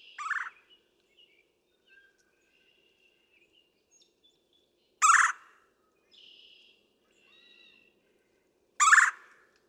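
Red-bellied woodpecker calls: three loud rolling churred notes about four seconds apart, with faint thin whistles between them.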